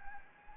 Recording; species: mosquito wingbeat signal from an infrared sensor; Anopheles gambiae